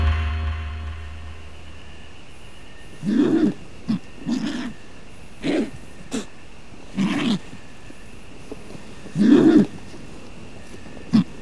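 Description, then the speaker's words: California condor giving several short, low, rough grunting bursts, spaced irregularly over several seconds, over a faint steady background hum. Species described as emblematic of northern Mexico, discussed in the context of its population decline, restoration and reintroduction. "Vamos a escuchar al cóndor de California."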